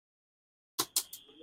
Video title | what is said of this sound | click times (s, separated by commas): 🇮🇳 🇮🇳 2025 Maruti Suzuki Brezza lxi Modification - 2025 Brezza lxi - Maruti brezza lxi face lift | ये वही same चीज stuck धनी सी आवाज आई। ये लॉक हो गया। | 0.8 s, 1.0 s